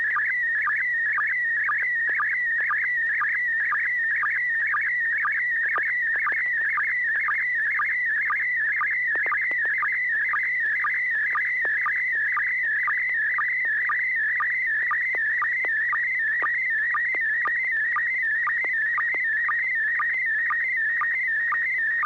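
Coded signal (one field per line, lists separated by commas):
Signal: SSTV (slow-scan television)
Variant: PD120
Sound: warbling, chirping tone around 2 kHz with a rhythmic low blip about twice a second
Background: low hum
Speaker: was able to successfully transmit a photo very clean photograph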